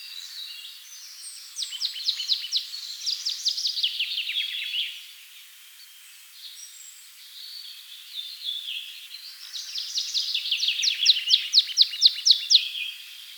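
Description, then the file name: Marsh tit calling in two bursts of rapid, high chirping notes, each burst a quick repeated series of short descending chips, with a quieter gap between them. "Poecile palustris"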